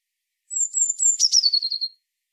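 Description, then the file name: Eurasian blue tit: a high, thin string of quick notes that steps downward, finishing with a brief buzzy trill, against a silent background. "Cyanistes caeruleus"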